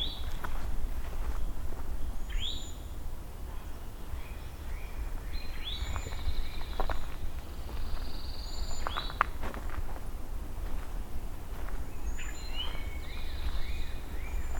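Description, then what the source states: Eastern Towhee giving several upslurred call notes among other birds' whistles, over steady low background noise. Schwink call and drink-your-tea song; the call gives the bird its name.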